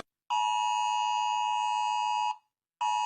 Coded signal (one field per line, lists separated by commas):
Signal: Emergency Alert System (SAME) tones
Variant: 853 and 960 Hz attention tone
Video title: Rating eas alarms pt 1